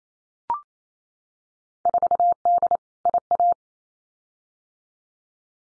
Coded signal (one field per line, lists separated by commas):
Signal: Morse code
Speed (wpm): 28 wpm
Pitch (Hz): 700 Hz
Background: none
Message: 4D IA